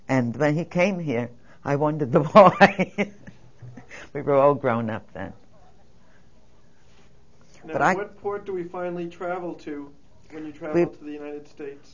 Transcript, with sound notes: And when he came here, I wondered why. (She laughs.) We were all grown up then.
Now, what port do we finally travel to when you traveled to the United States?